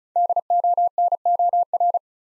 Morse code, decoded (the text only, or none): DONOR